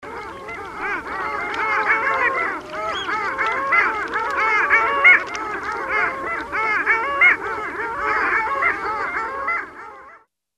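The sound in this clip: Birds calling in a dense, continuous chorus of many overlapping nasal, honking notes, rapid and unbroken for about ten seconds before stopping abruptly.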